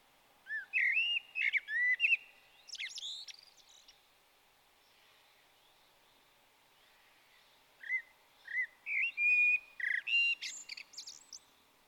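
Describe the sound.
Common blackbird singing two unhurried phrases of melodic whistles, each finishing in thin, rapid squeaky notes, with a quiet gap between them.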